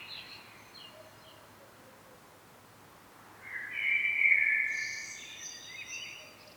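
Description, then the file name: Common blackbird, faint twittering at first, then a clear warbled phrase followed by thin, high squeaky notes, over quiet hiss. "Turdus merula"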